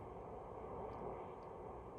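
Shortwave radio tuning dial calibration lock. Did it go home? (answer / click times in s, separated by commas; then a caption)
no / none. The calibration lock on the tuning dial of a Panasonic RF-2200 shortwave radio is tried at 650, with only a steady low background hiss for about two seconds and a sudden loud burst right at the end. The dial calibration lock fails to engage, and nothing has clicked or locked in.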